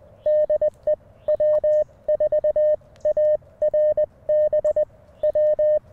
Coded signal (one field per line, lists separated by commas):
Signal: Morse code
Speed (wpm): 20 wpm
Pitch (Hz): 590 Hz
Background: none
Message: DE W4ARB W